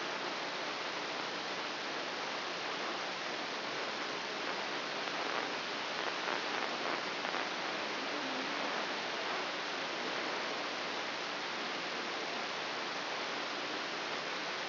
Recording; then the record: brain microelectrode recording played as sound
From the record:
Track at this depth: inside the subthalamic nucleus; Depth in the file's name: 5.307 mm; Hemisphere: left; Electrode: 3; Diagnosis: Parkinson's disease